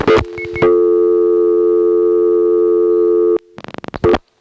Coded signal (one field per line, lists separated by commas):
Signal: telephone call progress tone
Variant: North America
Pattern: dial tone